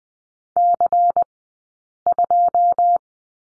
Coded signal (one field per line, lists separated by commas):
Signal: Morse code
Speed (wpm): 20 wpm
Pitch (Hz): 700 Hz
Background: none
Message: C2